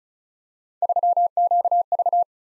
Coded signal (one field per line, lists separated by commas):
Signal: Morse code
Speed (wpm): 36 wpm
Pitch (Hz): 700 Hz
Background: none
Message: 3QV